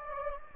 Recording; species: mosquito wingbeat signal from an infrared sensor; Anopheles gambiae